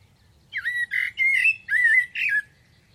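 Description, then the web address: Bird calls: five loud, squeaky, slightly buzzy chirps in quick series, some rising and wavering, over quiet low background noise. "Deverinetal. Bird Only"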